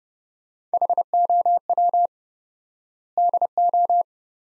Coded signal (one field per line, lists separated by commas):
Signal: Morse code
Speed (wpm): 30 wpm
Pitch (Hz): 700 Hz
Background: none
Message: HOW DO